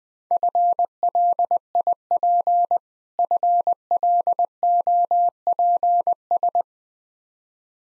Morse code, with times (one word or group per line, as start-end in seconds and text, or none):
0.3-2.8 FLIP
3.2-6.6 FLOPS